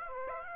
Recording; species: mosquito wingbeat signal from an infrared sensor; Aedes aegypti